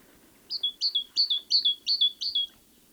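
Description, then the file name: Great tit song of six even, bouncy two-note phrases, a brief high note dropping to a longer lower note, against a faint low hum. "Parus major"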